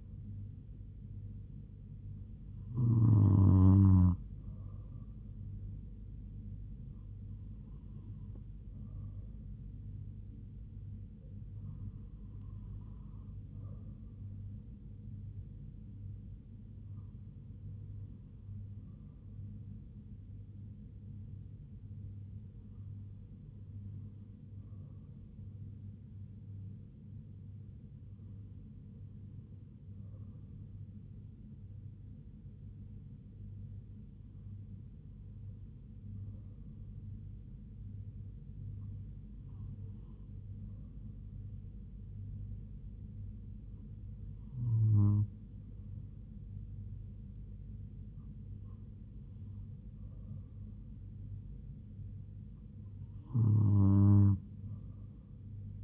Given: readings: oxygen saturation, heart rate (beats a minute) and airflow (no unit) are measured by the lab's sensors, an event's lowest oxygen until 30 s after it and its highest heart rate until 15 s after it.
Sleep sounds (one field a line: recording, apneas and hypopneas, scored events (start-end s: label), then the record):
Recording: breathing in sleep by a smartphone at the bedside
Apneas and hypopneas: none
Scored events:
none scored
From the record:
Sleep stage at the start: N2 (light sleep)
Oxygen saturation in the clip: 96 to 97%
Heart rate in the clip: 69 to 78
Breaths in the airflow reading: 11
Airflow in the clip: -4.2 to 2.9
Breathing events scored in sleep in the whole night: 158 in 7.3 hours asleep